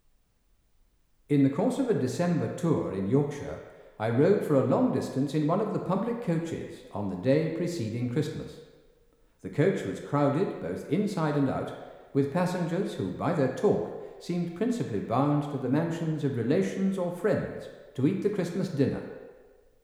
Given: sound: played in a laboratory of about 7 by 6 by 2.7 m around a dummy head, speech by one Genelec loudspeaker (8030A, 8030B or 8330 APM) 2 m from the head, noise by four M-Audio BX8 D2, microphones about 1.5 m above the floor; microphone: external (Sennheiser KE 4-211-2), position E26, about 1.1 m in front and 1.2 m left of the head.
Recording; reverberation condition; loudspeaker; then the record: male speech in English; high; 60 degrees to the left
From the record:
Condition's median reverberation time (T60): about 1300 ms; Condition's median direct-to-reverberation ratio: about -4.0 dB